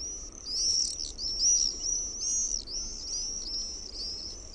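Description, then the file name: Common Swift screams, a continuous run of shrill, buzzy high-pitched trills, each note slightly arched. "TERVAPAASKY"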